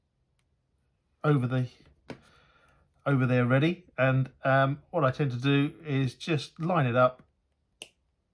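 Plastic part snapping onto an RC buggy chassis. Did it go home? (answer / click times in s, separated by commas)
yes / 7.8 s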